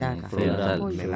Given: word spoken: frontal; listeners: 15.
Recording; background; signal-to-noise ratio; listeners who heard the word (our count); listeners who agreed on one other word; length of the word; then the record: one Spanish word in noise, from a listening test; four-talker babble; -2.3 dB; 0 of 15; 9 of 15; 0.76 s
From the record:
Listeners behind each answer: 9, 1, 1, 1, 1, 1, 1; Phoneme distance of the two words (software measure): 34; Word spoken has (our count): 2 syllables, 7 phonemes, stress on syllable 2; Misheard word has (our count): 2 syllables, 7 phonemes, stress on syllable 2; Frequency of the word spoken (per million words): 9.12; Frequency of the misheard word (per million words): 168.98